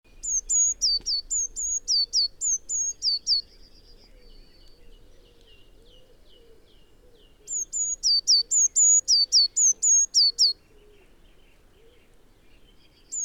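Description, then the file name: Eurasian blue tit giving high, sharp two-part notes in quick repeated bursts, each note a level whistle falling away, with a long quiet gap between the two series. "Cyanistes caeruleus"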